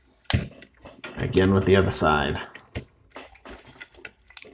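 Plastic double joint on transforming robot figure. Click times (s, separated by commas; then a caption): 0.3 s. A plastic double joint on a transforming robot figure is folded and snaps into place with a loud, short click at 0.3 s. Someone talks, and a few quieter clicks and handling taps follow.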